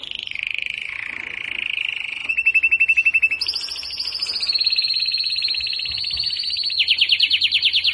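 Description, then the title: Belgian canary song, a continuous run of rapid trills and rolls shifting in pitch, starting with a wavering tone, then faster pulsed trills pitched higher than the opening. Belgian canary, described as galador, warming up its song. "Canario Belga. Canário Galador Esquenta"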